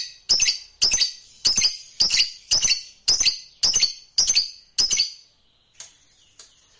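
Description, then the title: Lovebird repeating harsh, high chirps roughly twice a second in a steady run of nine, followed by a few faint notes. Fighter-type lovebird, from a recording presented as its long ngekek trill. "Suara Lovebird FIGHTER NGEKEK PANJANG"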